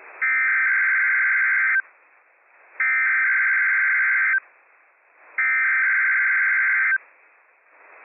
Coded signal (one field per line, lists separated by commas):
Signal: Emergency Alert System (SAME) tones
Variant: header bursts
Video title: WWF56 Required Weekly Test from NWS Pendleton, Oregon - EAS #330 - 10:13 AM PDT 10/16/24